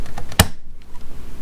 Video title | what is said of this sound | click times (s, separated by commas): Electronics - 8 Inch Extension Cords For Moving Large Chargers Away From Plugs Info N More Part 1 | and you can hear it click it won't come off unless you pull | 0.4 s